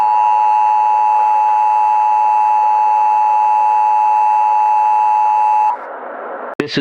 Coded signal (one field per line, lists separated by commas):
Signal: Emergency Alert System (SAME) tones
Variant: 853 and 960 Hz attention tone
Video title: Jeepers creepers EAS scenario